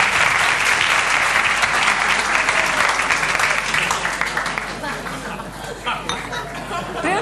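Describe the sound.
An audience at a religious talk breaks into dense, steady applause for a listener who is dozing off, many hands clapping at once, loud at first and then thinning and tapering off toward the end, with some voices mixed in beneath it.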